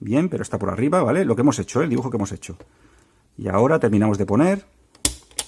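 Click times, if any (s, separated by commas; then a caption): 5.1 s, 5.4 s. A part of the drive mechanism in a FAMICOM HVC-022 external floppy disk unit is pressed onto its shaft during a belt replacement. Someone talks for most of the clip, then sharp, loud clicks come at 5.1 s and 5.4 s. The part seats on its shaft.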